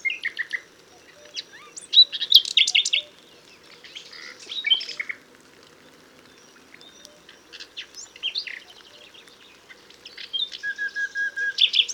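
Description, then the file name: Common nightingale song in varied phrases of rapid repeated chirps, buzzy trills and sharp notes, separated by short pauses, with a faint low hum beneath. "Luscinia megarhynchos"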